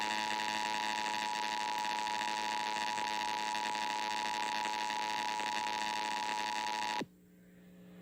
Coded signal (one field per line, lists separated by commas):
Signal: Emergency Alert System (SAME) tones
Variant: 853 and 960 Hz attention tone